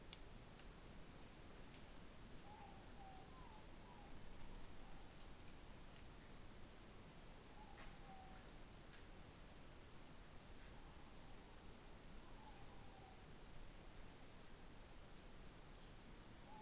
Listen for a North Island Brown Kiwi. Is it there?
no